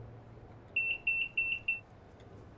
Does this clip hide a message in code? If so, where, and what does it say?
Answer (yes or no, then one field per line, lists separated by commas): no